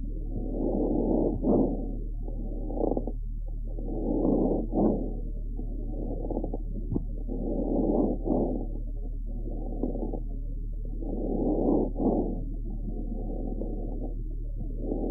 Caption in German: Pathologische Geräusche bei chronischer Bronchitis nur während einer Atemphase zu hören ein tieffrequentes Knarren am Ende der Expiration.